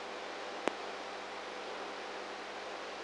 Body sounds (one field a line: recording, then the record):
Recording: brain microelectrode recording played as sound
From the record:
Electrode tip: inside the subthalamic nucleus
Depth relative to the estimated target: -2 mm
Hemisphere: right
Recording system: NeuroSet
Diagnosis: Parkinson's disease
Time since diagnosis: 19 years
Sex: female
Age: 58 years